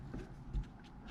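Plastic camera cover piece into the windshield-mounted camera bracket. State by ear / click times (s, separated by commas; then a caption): not seated / none. On a 2021-2024 Toyota Camry with a newly fitted acoustic-interlayer windshield, the plastic cover piece for the lane-departure warning camera is lined up and pushed onto the camera bracket on the glass. Soft handling and rustling sounds are heard, with a low thump around 0.6 s. Nothing has seated or clicked in yet.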